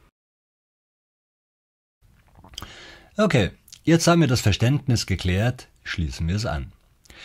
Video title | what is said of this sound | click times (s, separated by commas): John Guest T-Stück - Sedimentfilter - Aquastopp - Siphon-Schelle Einbau | the white top snaps back into its final position. That looks like this! | 2.6 s